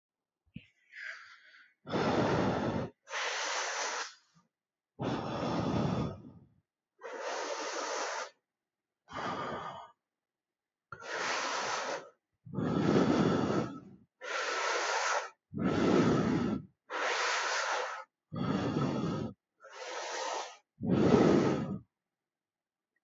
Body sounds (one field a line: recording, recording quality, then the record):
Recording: deep breathing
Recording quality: excellent, no background noise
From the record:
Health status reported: healthy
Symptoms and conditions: cough, asthma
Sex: male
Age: 44 years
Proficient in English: yes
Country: India